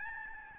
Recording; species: mosquito wingbeat signal from an infrared sensor; Aedes albopictus